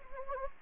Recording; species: mosquito wingbeat signal from an infrared sensor; Anopheles gambiae